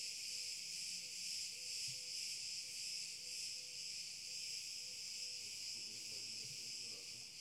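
Cicada song, a steady shrill buzzing drone with slow regular swells in loudness, and soft lower tones underneath.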